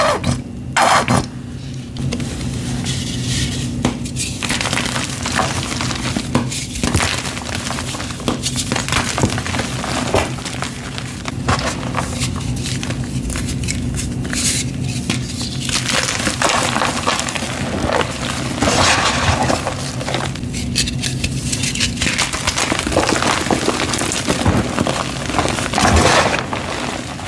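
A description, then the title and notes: Gym chalk being crushed with baby oil gives a dense, continuous crinkling and grinding that runs the whole 27 seconds at a steady level. Sharper scrapes and clicks come every second or two, over a constant low hum underneath. Baby Oil Gym Chalk Crushing Compilation.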